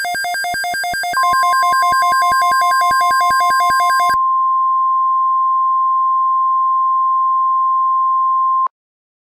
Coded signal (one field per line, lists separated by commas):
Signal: Emergency Alert System (SAME) tones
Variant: 1050 Hz attention tone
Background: music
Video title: EAS Scenario: Geological Disaster I: SoCal